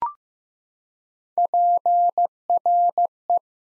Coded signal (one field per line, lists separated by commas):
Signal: Morse code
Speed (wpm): 15 wpm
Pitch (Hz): 700 Hz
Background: none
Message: PRE